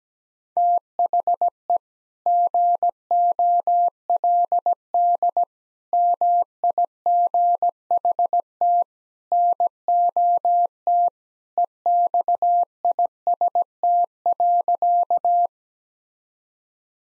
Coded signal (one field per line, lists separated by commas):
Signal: Morse code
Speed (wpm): 17 wpm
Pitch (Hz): 700 Hz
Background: none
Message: THE GOLD MIGHT NOT EXIST.